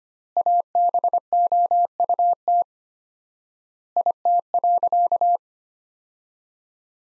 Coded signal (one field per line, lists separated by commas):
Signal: Morse code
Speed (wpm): 25 wpm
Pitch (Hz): 700 Hz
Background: none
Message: ABOUT IT.